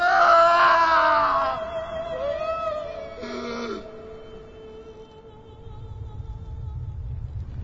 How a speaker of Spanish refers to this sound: Entonces Jesús volvió a gritar y entregó su espíritu.